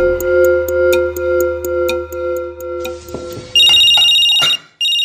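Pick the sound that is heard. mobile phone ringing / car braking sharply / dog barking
mobile phone ringing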